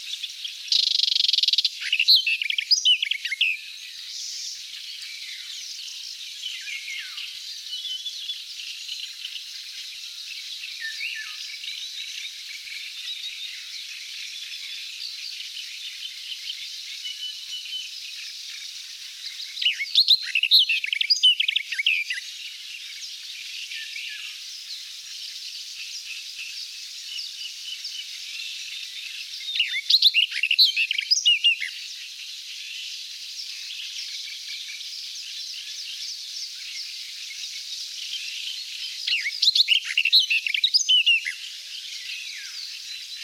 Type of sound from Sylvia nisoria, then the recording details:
song. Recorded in the wild. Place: Hortobagy Nationalpark / Fischteiche, HU. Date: 1990-05-22. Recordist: Schwarz, Dieter. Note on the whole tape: Song